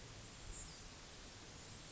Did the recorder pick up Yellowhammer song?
no